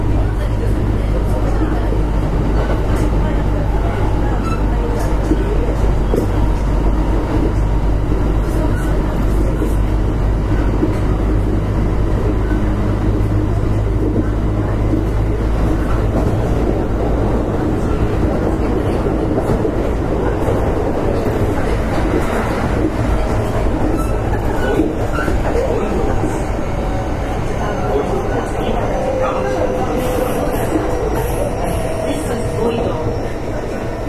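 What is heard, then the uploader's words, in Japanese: Recorded aboard an express train on the Osaka Line: a steady, dense low rumble of the moving carriage runs throughout, with a constant hum at the very bottom. Faint voices and brief squeals surface over it, and a thin high whine appears near the end. 近鉄5820系列 大阪線急行 八木から上本町まで。近畿日本鉄道 5820系電車の走行音です。大阪線の急行列車で録音しました。It is the sound of a motor.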